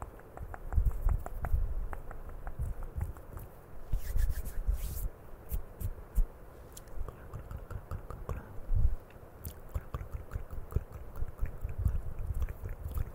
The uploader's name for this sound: CAMERA TOUCHING E MOUTH SOUNDS